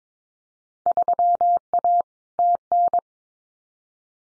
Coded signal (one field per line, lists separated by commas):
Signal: Morse code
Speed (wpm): 22 wpm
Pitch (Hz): 700 Hz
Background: none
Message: 3A TN